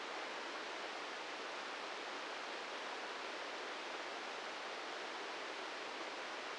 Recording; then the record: brain microelectrode recording played as sound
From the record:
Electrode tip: inside the subthalamic nucleus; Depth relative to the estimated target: -2 mm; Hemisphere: right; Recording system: NeuroSet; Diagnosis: Parkinson's disease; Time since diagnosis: 13 years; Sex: male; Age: 63 years